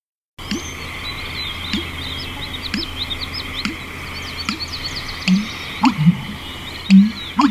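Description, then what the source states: American bittern booming call, deep low gulping notes that grow louder after about five seconds, beneath high chirping birds and a steady low hum. Male calling in breeding season (spring and summer), producing the call by gulping air to inflate his esophagus, frog-like; he also clacks his bill.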